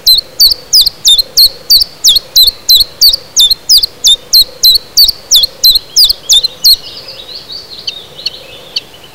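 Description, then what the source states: Common chiffchaff song: steady, evenly spaced high chirping notes about three per second for nearly seven seconds, then it stops, leaving faint background hiss. Recorded in spring 2010.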